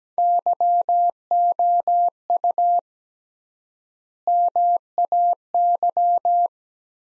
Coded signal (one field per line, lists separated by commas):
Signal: Morse code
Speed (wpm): 17 wpm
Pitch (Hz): 700 Hz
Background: none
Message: YOU MAY